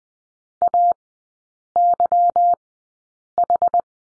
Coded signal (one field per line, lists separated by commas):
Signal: Morse code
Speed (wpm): 20 wpm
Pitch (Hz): 700 Hz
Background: none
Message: AYH